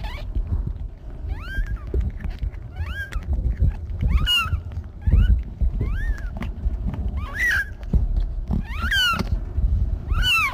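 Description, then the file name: Cat meowing repeatedly, short rising-then-falling mews about every second from about one second on, over a steady low rumble. "Katten Miiiau"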